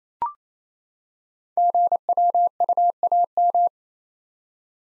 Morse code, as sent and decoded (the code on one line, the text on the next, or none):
--. .-- ..- .- --
GWUAM